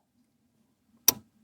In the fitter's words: There you go. Hopefully you heard that positive click.